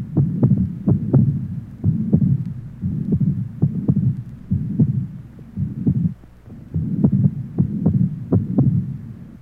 Age 59, rheumatic mitral stenosis and insufficiency, mitral area.